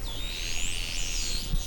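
Whale whistles: several overlapping high tones sweeping up and down, looping continuously, over a low steady rumble with a brief thump near the end.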